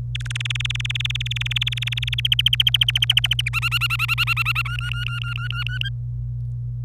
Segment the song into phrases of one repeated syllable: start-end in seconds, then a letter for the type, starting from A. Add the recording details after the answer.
0.15-2.27 A, 2.32-3.49 B, 3.53-4.62 C, 4.65-5.89 D. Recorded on 26 April 2018 at 06:34. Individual llb3